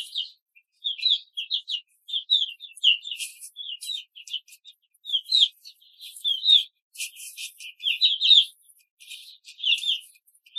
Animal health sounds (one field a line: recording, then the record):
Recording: young laying hens in a cage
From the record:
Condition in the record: control cage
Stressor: none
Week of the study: 5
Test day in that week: 1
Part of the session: 3